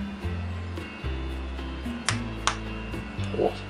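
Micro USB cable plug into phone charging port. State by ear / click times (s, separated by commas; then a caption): seated / 2.1 s, 2.5 s. A reversible angled micro USB cable plug is pushed into a phone's charging socket over steady background music. Two sharp clicks at 2.1 s and 2.5 s mark the plug seating, and charging starts.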